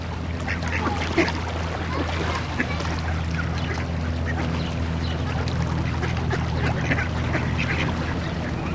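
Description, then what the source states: Ducks quacking, bursts of rasping calls clustered at the start and end, with a steady low hum throughout. Several ducks quacking on a pond.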